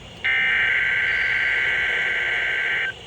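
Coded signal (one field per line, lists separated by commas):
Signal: Emergency Alert System (SAME) tones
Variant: header bursts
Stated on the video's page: Severe thunderstorm watch received from a NOAA weather radio station.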